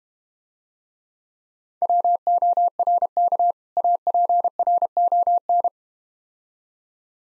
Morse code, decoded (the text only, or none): WORK APRON